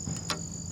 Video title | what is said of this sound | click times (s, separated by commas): How To Serve a Bowstring | You should hear it snap into place like that. | 0.3 s